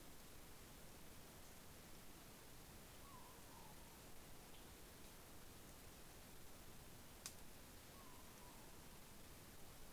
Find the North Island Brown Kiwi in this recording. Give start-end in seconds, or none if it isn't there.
none